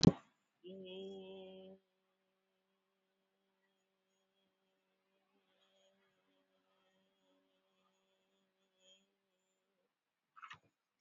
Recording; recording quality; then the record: sustained vowel as in made; moderate, slight background noise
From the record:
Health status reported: exposed to COVID-19, no respiratory illness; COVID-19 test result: not tested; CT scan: not taken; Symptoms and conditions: muscle pain, hypertension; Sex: female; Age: 61 years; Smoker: no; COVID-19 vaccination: one dose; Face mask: worn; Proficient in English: no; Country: India